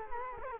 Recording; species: mosquito wingbeat signal from an infrared sensor; Culex quinquefasciatus